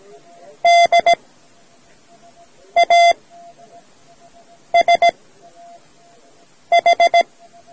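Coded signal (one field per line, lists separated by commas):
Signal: Morse code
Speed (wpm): 17 wpm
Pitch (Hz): 690 Hz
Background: none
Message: DASH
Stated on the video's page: Morse code learning lesson from a radio society audio cassette.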